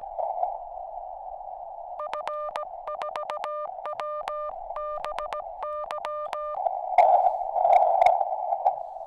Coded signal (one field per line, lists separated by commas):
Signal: Morse code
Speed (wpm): 17 wpm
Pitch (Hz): 1200 Hz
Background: none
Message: F4WBY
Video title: NVIS Morse Radio Contact at Col d'EZE Near Nice.